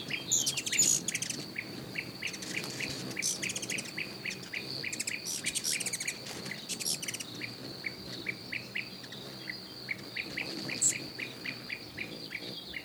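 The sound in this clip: Bird chirping: evenly spaced rising chirps repeat rapidly through most, with a steady high whine and occasional sharp notes.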